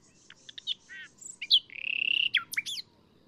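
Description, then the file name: Common nightingale song phrase: soft opening notes, a sharp high whistle, then a long rapid rattling trill and a few slurred notes over faint low background noise. "Luscinia megarhynchos"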